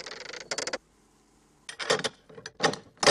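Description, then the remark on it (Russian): An old man holding a rooster pushes a door shut: a couple of harsh, scraping bursts, a brief pause, then a cluster of rattling, creaking knocks as it settles closed. No one speaks. “Прижимая к себе петуха, он закрывает дверь.”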